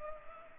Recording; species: mosquito wingbeat signal from an infrared sensor; Culex pipiens